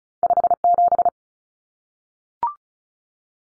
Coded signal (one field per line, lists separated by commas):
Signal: Morse code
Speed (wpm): 34 wpm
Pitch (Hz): 700 Hz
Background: none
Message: 57